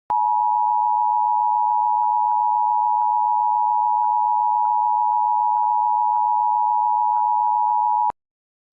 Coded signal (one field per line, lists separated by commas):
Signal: Emergency Alert System (SAME) tones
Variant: 853 and 960 Hz attention tone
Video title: EAS Scenario - Titan Kitty 2: Vengeance | (Ft. SPCEastCoast1559)